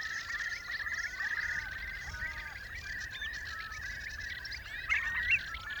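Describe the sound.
Curlew calls: long bubbling trilled phrases with a few short rising whistles, against constant high background hiss.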